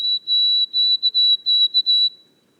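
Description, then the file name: White-throated sparrow song ending: a high pure whistle broken into a rapid run of repeated short notes, then trailing off into silence. Boreal forest of Haute-Côte-Nord, 29 May 2018. "bruant-a-gorge-blanche-foret-boreale-de-la-haute-cote-nord-29-mai-2018"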